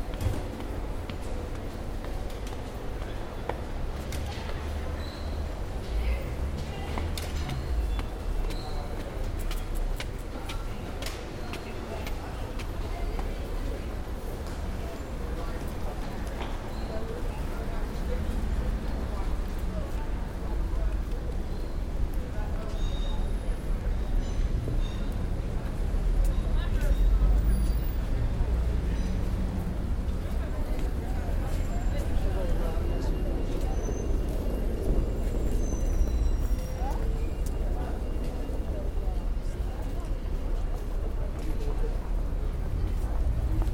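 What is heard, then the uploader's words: A busy street on Electric Avenue in Brixton, with a constant low rumble of traffic under a dense murmur of voices from passers-by. The crowd noise builds slightly in the second half, with scattered clicks and brief knocks throughout. To Brixton (Electric Avenue). Took the train and tube to Brixton, arriving in Electric Avenue.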